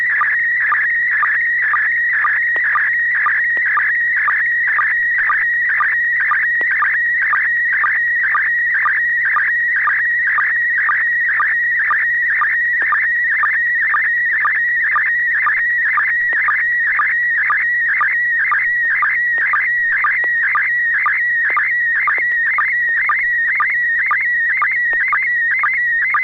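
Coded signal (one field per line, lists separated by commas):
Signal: SSTV (slow-scan television)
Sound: continuous warbling tone around 2 kHz with steady short low blips about twice a second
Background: low hum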